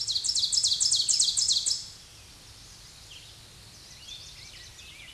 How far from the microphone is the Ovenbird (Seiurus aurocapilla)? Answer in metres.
about 10 m